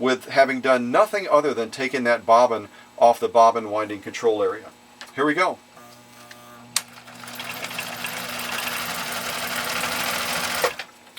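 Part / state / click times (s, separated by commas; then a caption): bobbin winder clutch in a vintage sewing machine drive / seated / 6.8 s. Someone talks, then, with the bobbin taken off the bobbin winding spindle of a vintage Husqvarna Viking Model 8 sewing machine, the foot pedal is pressed and the bobbin winder clutch in the handwheel drive snaps back into engagement with a sharp little click at 6.8 s. The machine then runs with a steady whirring hum until about 10.8 s, confirming that the clutch is re-engaged and sewing can resume.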